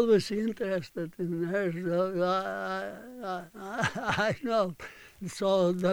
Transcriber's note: he laughs